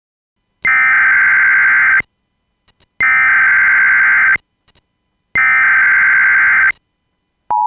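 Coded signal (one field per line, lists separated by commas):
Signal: Emergency Alert System (SAME) tones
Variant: header bursts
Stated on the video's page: Fictional EAS scenario about an asteroid impact, made with Audacity.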